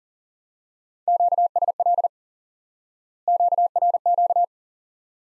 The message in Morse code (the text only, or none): QSL QRQ